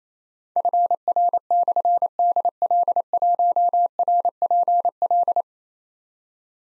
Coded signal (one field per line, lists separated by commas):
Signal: Morse code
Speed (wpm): 28 wpm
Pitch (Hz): 700 Hz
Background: none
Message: FR/DL1RPL